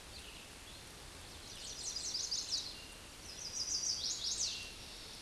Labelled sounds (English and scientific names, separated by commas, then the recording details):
Chestnut-sided Warbler (Setophaga pensylvanica) song
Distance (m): 20 m
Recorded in a Pennsylvania forest on 18 May 2023 at 09:49
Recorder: AudioMoth, point grid1_29_low
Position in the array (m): 15 m, 90 m